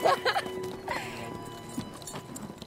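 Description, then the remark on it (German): Horse hooves clip-clop in a loose, uneven rhythm, loudest at the start and then settling into softer knocks, with a faint steady hum running underneath, as riders reach a clearing in a forest and dismount. “Bei einer Lichtung im Wald stiegen sie ab. Und Rodolphe band die Pferde an.”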